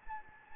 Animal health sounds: mosquito wingbeat signal from an infrared sensor; Anopheles gambiae

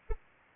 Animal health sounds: mosquito wingbeat signal from an infrared sensor; Anopheles arabiensis

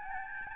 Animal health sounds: mosquito wingbeat signal from an infrared sensor; Aedes albopictus

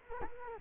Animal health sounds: mosquito wingbeat signal from an infrared sensor; Culex quinquefasciatus

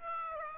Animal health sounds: mosquito wingbeat signal from an infrared sensor; Aedes aegypti

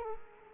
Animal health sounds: mosquito wingbeat signal from an infrared sensor; Culex quinquefasciatus

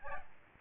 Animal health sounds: mosquito wingbeat signal from an infrared sensor; Aedes albopictus

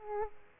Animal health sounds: mosquito wingbeat signal from an infrared sensor; Aedes aegypti

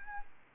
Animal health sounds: mosquito wingbeat signal from an infrared sensor; Aedes albopictus

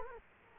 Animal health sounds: mosquito wingbeat signal from an infrared sensor; Culex quinquefasciatus

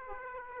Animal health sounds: mosquito wingbeat signal from an infrared sensor; Aedes aegypti

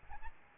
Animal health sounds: mosquito wingbeat signal from an infrared sensor; Aedes albopictus

